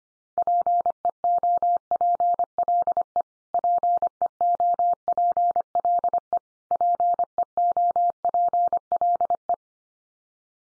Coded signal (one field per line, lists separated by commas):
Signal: Morse code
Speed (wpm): 25 wpm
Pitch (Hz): 700 Hz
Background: none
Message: PEOPLE PEOPLE PEOPLE